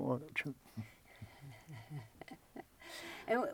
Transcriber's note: chuckles